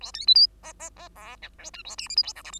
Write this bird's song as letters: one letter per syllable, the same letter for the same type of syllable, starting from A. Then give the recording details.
A B C D E E E F G H I A J K L M N O P. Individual Bird2